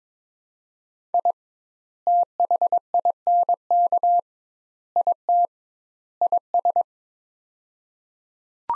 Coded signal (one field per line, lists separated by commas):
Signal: Morse code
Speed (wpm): 22 wpm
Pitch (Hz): 700 Hz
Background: none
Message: I THINK IT IS